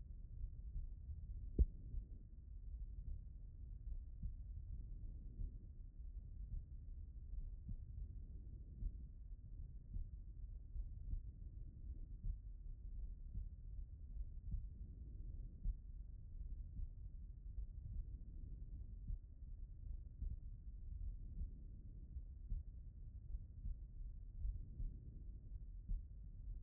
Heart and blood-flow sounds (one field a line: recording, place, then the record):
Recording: heart sounds by stethoscope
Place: pulmonary valve (PV)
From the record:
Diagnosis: non-HFrEF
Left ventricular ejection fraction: 50%